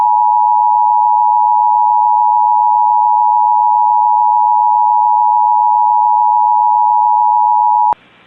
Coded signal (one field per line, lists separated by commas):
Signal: Emergency Alert System (SAME) tones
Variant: 853 and 960 Hz attention tone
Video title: A Short Roar Of Action: EAS Alerts From 6/2/25 #COWX #WJON #KJY84